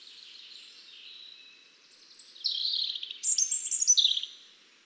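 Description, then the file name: European robin song: a quiet, thin high warble that breaks into louder, tumbling phrases of sweet, rapidly changing notes during the final seconds. "Erithacus rubecula"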